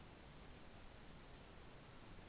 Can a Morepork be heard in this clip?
no